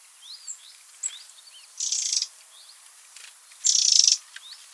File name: Troglodytes troglodytes